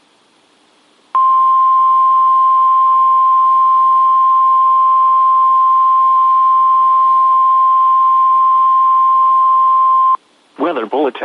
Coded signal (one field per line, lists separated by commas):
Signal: Emergency Alert System (SAME) tones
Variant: 1050 Hz attention tone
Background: speech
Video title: BACK TO THE MID-ATLANTIC... EAS Alerts from 7/7/21 (EAS #429-452)